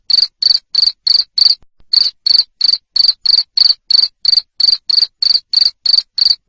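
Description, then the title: Cricket chirps, high and buzzy, repeated steadily around three a second, with one short pause early on. Loud cricket chirping (jangkrik ngerik) played to stimulate lovebirds into continuous singing (ngekek). "Suara JANGKRIK NGERIK Keras Bikin LOVEBIRD Jadi NGEKEK Terus Vubey"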